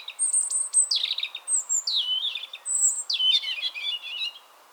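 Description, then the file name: European robin singing steadily: thin high whistles alternating with tumbling descending notes and liquid warbles, phrase after phrase for nearly five seconds. "Erithacus rubecula"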